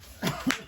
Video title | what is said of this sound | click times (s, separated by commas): How to Build an Elite Stealth BMX Bike – Full Setup, Tools, & Pro Tips for 20” Bikes | Und jetzt sind sie eingerastet. | 0.5 s